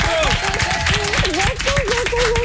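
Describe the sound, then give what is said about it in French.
Steady, dense studio applause with many hands clapping at once, loud and continuous throughout, while a person's voice speaks over the top of it. “On vous applaudit en retard.”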